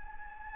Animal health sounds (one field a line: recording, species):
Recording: mosquito wingbeat signal from an infrared sensor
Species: Anopheles gambiae